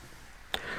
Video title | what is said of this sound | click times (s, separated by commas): SIMMOD EDMIKA CONVERSION FOR CANON NFD 100 F2.0 TO EF | you turn it clockwise you hear a click and it just comes right up once | 0.5 s